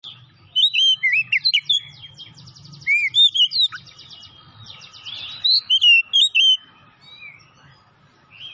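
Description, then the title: Oriental magpie-robin singing varied whistled phrases, sweeping notes and quick buzzy trills in bursts, with a faint low rumble underneath. Singing actively (gacor). "Kacer Poci"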